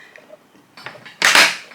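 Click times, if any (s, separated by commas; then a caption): 0.9 s, 1.2 s. With the bag in place, the plastic lid of an Aldi vacuum food sealer is pressed down on its two press points until it latches onto the base. A sharp click comes at 0.9 s, then a much louder, bright snap at 1.3 s that fades out. The lid is latched shut.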